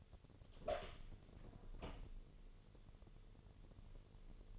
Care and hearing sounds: daily activity, microphone in the room; open door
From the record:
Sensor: 4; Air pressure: 1016.0 hPa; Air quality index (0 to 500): 202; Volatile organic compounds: 11 ppm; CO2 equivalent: 2298 ppm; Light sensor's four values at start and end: 9/20/8/7 and 9/20/8/7

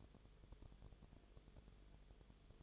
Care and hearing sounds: daily activity, microphone in the room; no activity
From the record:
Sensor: 4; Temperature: 22.0 degrees Celsius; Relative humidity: 29.6%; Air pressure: 1002.1 hPa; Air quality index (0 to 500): 60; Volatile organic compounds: 1 ppm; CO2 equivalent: 612 ppm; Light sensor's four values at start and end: 2/3/1/1 and 2/3/1/1

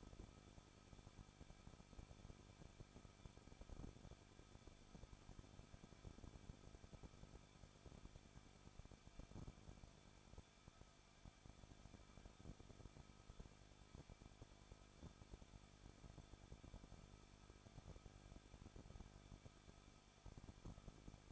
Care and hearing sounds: daily activity, microphone in the room; no activity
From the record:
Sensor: 5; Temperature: 20.9 degrees Celsius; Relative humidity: 38.1%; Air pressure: 1006.4 hPa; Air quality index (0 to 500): 187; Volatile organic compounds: 18 ppm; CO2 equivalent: 2624 ppm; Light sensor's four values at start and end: 2/3/1/1 and 2/3/1/1

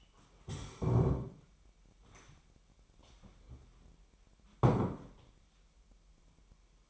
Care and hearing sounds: daily activity, microphone in the room; stand up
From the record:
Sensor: 1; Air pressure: 998.6 hPa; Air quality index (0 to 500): 118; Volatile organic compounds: 3 ppm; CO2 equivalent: 1414 ppm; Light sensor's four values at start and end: 8/18/7/9 and 7/17/7/8

